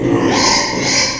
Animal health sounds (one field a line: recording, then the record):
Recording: squeal of a Yucatan mini pig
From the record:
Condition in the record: before surgery on the right vocal fold (resection and tissue-engineered implant)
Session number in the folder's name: 2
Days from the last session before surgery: 0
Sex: male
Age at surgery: 12 weeks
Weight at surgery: 13 kg